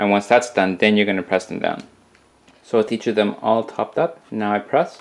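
Capsule caps rest on top of filled gelatin or cellulose capsule bodies in a capsule-filling tray, ready to be pressed down and snapped closed. Someone talks throughout, with a short quiet pause near the middle. No cap has been pressed down or snapped onto its body yet.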